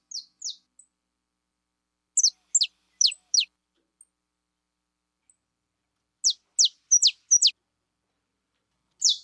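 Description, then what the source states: Belgian canary singing short groups of several steep, high downward-sweeping notes, separated by long silent gaps. Pure-bred Belgian canary singing.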